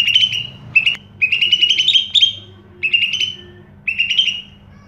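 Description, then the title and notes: Greater green leafbird singing loud clear whistled phrases in several bursts, bright rapid notes with slurred trills, a faint low hum beneath. Recording intended as a master song for training caged birds. "Suara Burung Cucak Ijo. mantap buat masteran burung cak ijo"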